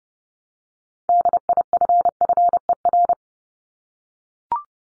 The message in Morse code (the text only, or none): DIFFER